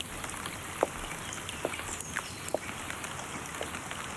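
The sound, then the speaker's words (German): Warm rain falls early in spring as a steady soft hiss, with a few sharp drips or taps ticking out every second or so over the even wash. No one speaks. “Der Regen ist ganz warm”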